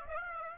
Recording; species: mosquito wingbeat signal from an infrared sensor; Aedes aegypti